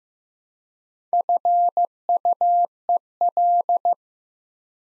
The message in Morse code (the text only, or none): FUEL